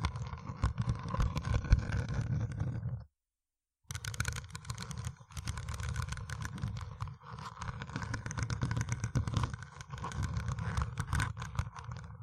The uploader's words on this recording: ASMR Deep Brain Scratching（No Talking）.